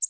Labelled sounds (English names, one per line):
American Redstart flight call